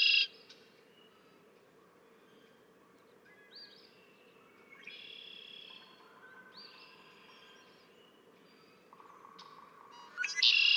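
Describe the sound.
Red-winged blackbird song: a brief buzzy burst at the start and a harsh rasping trill at the end, with softer notes in between.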